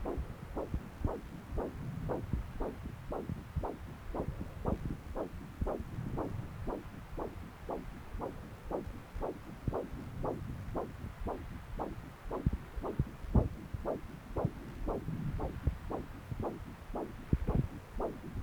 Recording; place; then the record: Doppler ultrasound of blood flow; right subclavian vein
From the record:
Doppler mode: continuous wave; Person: adult scuba diver, at rest before a dive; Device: O'Dive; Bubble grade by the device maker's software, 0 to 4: 0